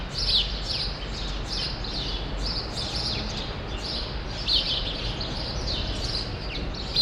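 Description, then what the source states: Sparrows chirping in a continuous stream of short bright notes, several birds at once, over soft low-frequency background noise. Sparrows still present for now in the small remaining part of a large grove, Rue Saint-Jean Népomucène, Brussels, Belgium; recorded with Immersive Soundscapes Earsight V2 AB microphones into a Zoom F3.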